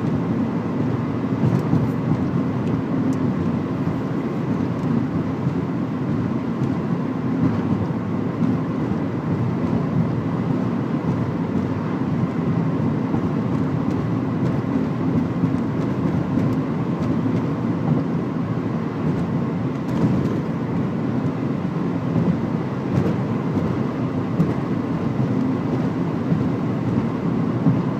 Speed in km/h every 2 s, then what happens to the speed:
100, 100, 98, 97, 99, 101, 101, 100, 100, 100, 100, 101, 101, 101.
0-28 steady at about 100.